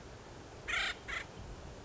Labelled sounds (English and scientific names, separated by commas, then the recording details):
Acorn Woodpecker (Melanerpes formicivorus)
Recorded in Sonoma County, California